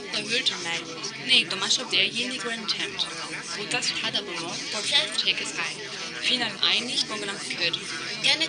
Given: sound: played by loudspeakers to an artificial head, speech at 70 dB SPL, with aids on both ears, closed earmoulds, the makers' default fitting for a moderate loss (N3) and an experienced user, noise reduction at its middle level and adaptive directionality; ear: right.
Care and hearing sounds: speech test signal (ISTS) in cocktail-party noise; -3 dB; in front (0 degrees)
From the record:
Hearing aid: class 2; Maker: A

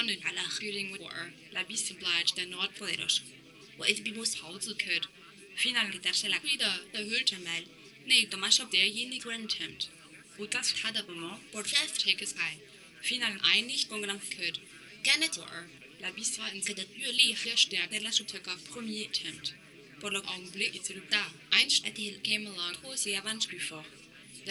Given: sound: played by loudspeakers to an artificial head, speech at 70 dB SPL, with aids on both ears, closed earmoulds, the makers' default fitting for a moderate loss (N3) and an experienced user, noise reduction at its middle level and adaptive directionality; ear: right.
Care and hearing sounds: speech test signal (ISTS) in cocktail-party noise; +9 dB; in front (0 degrees)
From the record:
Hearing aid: class 2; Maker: J

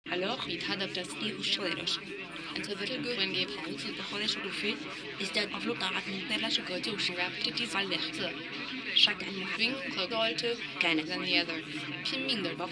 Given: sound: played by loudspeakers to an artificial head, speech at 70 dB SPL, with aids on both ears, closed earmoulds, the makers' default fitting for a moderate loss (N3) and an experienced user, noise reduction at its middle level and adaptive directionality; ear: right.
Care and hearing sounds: speech test signal (ISTS) in cocktail-party noise; 0 dB; on the right (90 degrees)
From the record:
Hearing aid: class 2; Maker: D

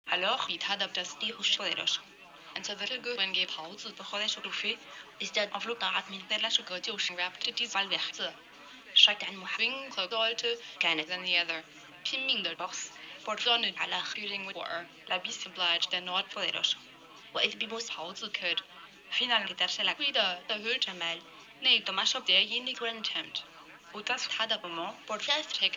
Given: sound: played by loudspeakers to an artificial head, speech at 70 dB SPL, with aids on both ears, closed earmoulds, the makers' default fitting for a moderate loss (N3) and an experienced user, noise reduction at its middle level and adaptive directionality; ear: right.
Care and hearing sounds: speech test signal (ISTS) in cocktail-party noise; +9 dB; on the right (90 degrees)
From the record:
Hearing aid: class 1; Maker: G

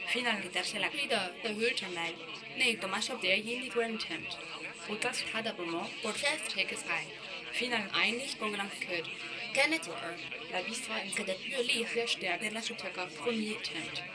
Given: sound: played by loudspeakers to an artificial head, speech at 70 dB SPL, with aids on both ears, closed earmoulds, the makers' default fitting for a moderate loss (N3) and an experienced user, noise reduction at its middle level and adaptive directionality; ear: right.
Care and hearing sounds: speech test signal (ISTS) in cocktail-party noise; +6 dB; in front (0 degrees)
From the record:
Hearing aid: class 2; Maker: C

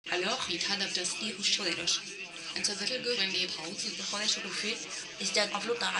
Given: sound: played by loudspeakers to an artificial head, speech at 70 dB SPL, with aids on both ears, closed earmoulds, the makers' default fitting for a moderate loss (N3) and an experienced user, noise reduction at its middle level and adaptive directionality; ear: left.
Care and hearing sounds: speech test signal (ISTS) in cocktail-party noise; +9 dB; on the right (90 degrees)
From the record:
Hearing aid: class 1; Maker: B

